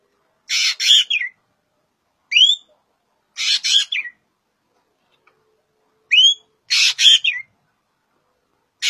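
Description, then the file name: Green magpie giving paired harsh grating squawks, with a sharp upward whistle between sets, repeated with short pauses. "Suara Burung Ekek"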